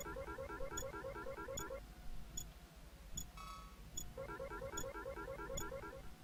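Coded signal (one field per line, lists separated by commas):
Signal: none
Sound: a game's interface beeps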